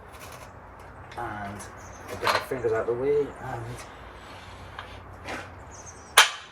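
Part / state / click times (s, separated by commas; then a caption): folding arm of a hitch bike rack locking into its position / seated / 6.2 s. Someone talks while the folding arm of a QuikrStuff Mach2 hitch-mounted bike rack is pushed down to unlock and left to swing. At 6.2 s it locks into place with a loud metal clang.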